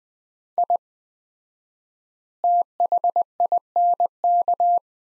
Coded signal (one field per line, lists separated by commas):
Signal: Morse code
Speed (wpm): 20 wpm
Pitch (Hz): 700 Hz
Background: none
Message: I THINK